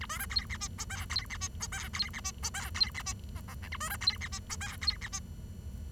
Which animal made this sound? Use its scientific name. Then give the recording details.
Lonchura striata domestica. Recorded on 23 June 2012 at 09:46. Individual gr41rd51